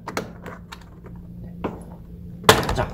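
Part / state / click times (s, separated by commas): plastic trim panel pin clip in car interior body / released / 2.5 s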